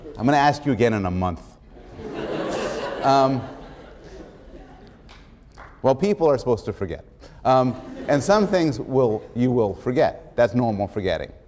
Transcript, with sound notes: I'm going to ask you again in a month. [laughter] Well, people are supposed to forget [laughter] and some things will — you will forget. That's normal forgetting.